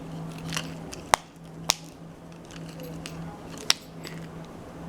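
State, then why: Seated. After a new coin cell battery is fitted in a 2016–2017 Mitsubishi Lancer remote key fob, the plastic cover halves are pressed tightly together onto the fob body. Sharp clicks sound at 1.1 s, 1.7 s and 3.7 s over quieter handling noise and a steady low hum. The cover snaps shut and is seated.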